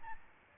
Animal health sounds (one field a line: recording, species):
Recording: mosquito wingbeat signal from an infrared sensor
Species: Aedes albopictus